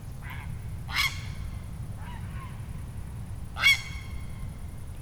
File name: Ardea cinerea